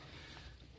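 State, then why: Not seated. An axle seal is pushed by hand into its bore in the axle housing and evened out. Only a steady, low mechanical scraping and creaking is heard for just under a second, with no sharp transients. Nothing has seated or clicked yet.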